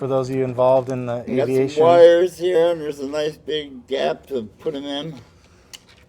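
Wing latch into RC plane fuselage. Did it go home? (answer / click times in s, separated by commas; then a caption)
yes / 5.8 s. Someone talks while the right foam wing of an FMS Kingfisher RC plane is slid fully onto the fuselage, its wires routed through a big gap. A sharp, brief click at 5.8 s marks the quick-release latch engaging, and the wing is seated.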